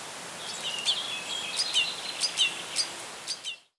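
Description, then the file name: Red crossbill calls, a scattered series of short high chipping notes at irregular intervals over a steady hiss of background noise. Pine wood on Camí de s'Arxiduc, recorded 21 June 2015 at 11 h. "Pinar-1 Trencapinyes Camí-de-s Arxiduc 150621 11 h"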